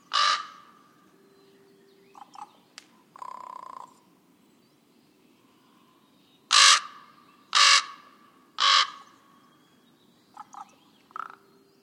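Common raven giving a harsh croak, a few soft short notes and a longer quieter call, then three loud hoarse croaks about a second apart, followed by a few quieter notes.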